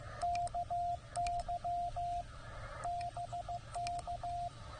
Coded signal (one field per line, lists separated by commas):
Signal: Morse code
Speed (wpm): 16 wpm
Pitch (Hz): 690 Hz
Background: radio noise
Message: KY BK